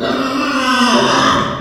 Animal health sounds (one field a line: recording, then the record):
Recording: squeal of a Yucatan mini pig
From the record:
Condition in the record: after surgery on the right vocal fold (resection and tissue-engineered implant)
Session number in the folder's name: 15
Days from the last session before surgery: 175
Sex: female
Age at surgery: 19 weeks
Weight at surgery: 25 kg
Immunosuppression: prednisolone